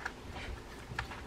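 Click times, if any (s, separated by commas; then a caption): 1.0 s. After the main gear and bushing are greased, the side plate of a Shakespeare Surf and Pier saltwater spinning reel is pressed home onto the reel body. A faint tick comes at 0.1 s, then a sharp, bright snap at 1.0 s as the side plate seats in place.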